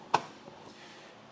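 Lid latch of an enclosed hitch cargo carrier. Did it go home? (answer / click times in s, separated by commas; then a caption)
yes / 0.1 s. A hard-shell lid on a Thule Arcos hitch-mounted enclosed cargo carrier is pushed down so its latch engages. A single short, sharp click sounds at 0.2 s, followed by faint low thumps and quiet background. The lid latch clicks shut and is seated.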